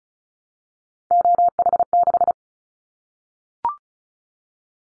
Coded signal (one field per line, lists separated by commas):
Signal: Morse code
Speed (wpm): 36 wpm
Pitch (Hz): 700 Hz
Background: none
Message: OH6